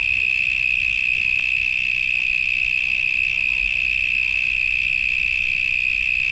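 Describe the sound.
Cicadas giving a loud unbroken high-pitched buzz, constant in pitch and volume from start to finish.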